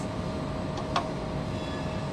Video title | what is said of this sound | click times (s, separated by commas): afmclass Atomic Force Microscopy Class | until it clicks into place. | 1.0 s